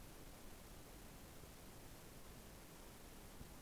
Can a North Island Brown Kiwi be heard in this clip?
no